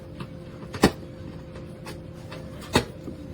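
The other side of a plastic top panel of a SEE SPRING stackable shoe storage box (12 pack) is pushed down into the box side. Two sharp plastic clicks at 0.8 s and 2.8 s, with a few fainter taps between them, mark the top locking in place over a steady low hum. The top is seated and all pieces are attached.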